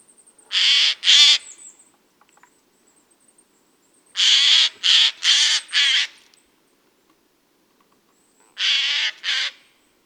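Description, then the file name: Eurasian jay giving loud, rasping screeches: a pair, then four in quick succession after a pause, then another pair, with a faint thin high whistle near the start. "Garrulus glandarius"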